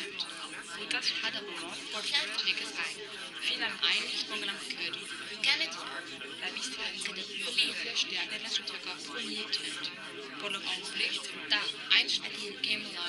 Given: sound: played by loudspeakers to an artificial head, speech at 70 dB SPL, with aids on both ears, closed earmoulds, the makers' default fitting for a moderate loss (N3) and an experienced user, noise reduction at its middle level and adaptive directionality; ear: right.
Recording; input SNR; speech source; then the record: speech test signal (ISTS) in cocktail-party noise; -6 dB; on the right (90 degrees)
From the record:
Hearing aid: class 2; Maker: B